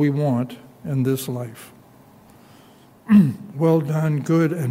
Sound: clears throat